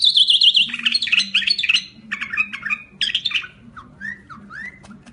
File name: drunk sound bimaculated lark